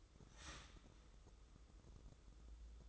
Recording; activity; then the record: daily activity, microphone in the room; start toaster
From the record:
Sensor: 3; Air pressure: 995.2 hPa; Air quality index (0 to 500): 75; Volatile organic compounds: 5 ppm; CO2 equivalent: 1766 ppm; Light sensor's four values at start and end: 18/55/23/20 and 18/55/23/20